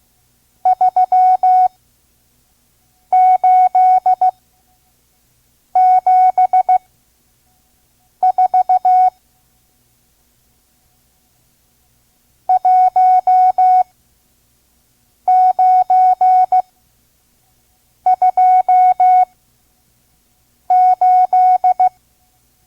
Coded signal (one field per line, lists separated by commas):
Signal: Morse code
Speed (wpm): 16 wpm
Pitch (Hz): 740 Hz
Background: none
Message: 3874 1928